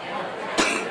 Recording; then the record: coughing mixed with background sound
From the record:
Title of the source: 64 coughing, allergies, singing lungs